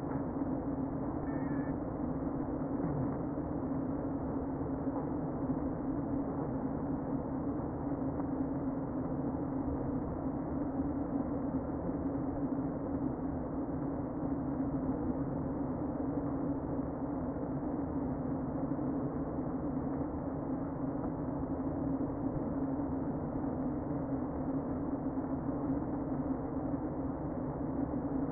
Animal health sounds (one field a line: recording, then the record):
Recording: honeybee colony, microphone inside the hive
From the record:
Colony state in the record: queen present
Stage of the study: before two queens were removed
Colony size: about 60,000 bees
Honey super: yes